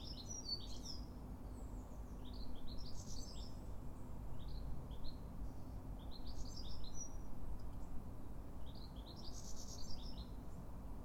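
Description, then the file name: European goldfinch calls: bright, tinkling high chirps in short twittering clusters every few seconds, over a steady low rumbling background noise. "Carduelis carduelis"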